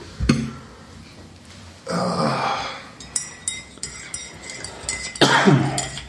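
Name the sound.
coughing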